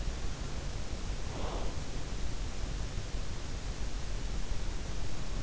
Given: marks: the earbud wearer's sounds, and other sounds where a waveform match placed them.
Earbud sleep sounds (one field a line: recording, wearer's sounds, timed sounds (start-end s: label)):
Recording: sounds in sleep by an in-ear microphone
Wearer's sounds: breath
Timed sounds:
1.01-1.95 s: breath